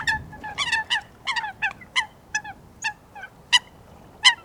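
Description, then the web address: Eurasian coot giving short, sharp, nasal calls, some in quick pairs, repeated irregularly over several seconds in a quiet setting. "Foulque macroule Fulica atra. Audrey Beauduc"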